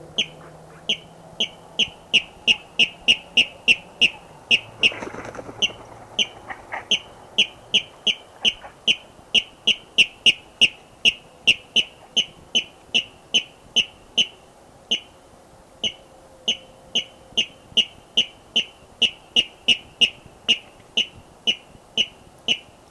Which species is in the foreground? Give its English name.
Water Rail